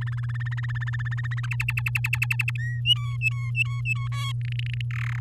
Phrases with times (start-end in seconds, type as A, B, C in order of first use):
0.01-1.46 A, 1.51-2.50 B, 2.58-2.80 C, 2.85-4.08 D, 4.12-4.32 E, 4.41-4.81 F, 4.91-5.19 G